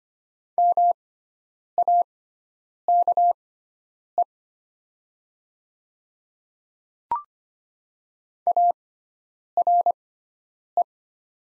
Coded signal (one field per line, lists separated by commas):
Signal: Morse code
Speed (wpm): 25 wpm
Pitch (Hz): 700 Hz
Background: none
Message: MAKE ARE